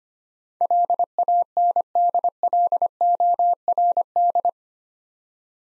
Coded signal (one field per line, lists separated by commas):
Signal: Morse code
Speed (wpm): 25 wpm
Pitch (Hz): 700 Hz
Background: none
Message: LANDLORD